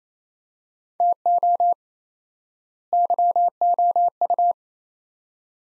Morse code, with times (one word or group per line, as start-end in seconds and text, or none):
1.0-1.7 TO
2.9-4.5 YOU